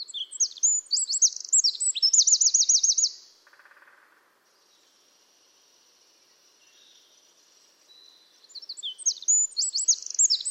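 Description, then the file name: Eurasian wren delivering a high, rapid song with a brisk rattling trill, then a few seconds of near silence before another energetic burst of shrill notes begins. "Troglodytes troglodytes"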